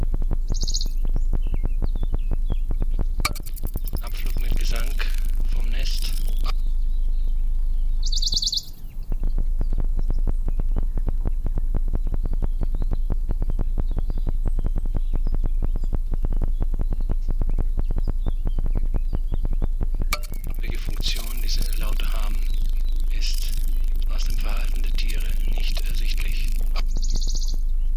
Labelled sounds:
Western Bonelli's Warbler

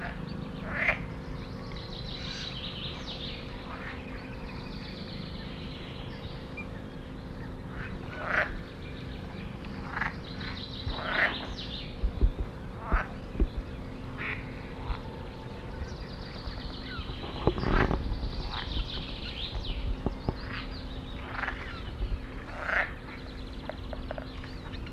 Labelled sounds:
Edible Frog call

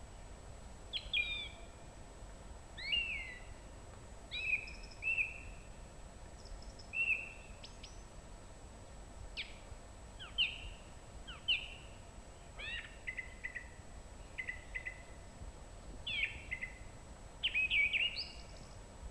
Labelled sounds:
Song Thrush song

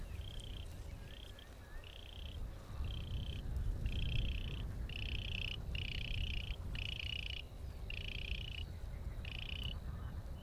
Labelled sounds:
Bluethroat song

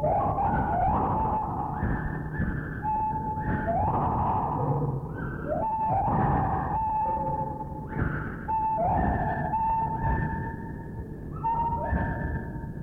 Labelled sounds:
Lar Gibbon

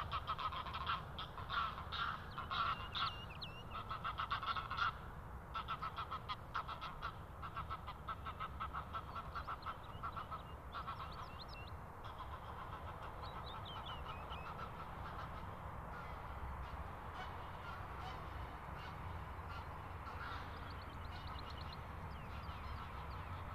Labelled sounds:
Wood Lark song

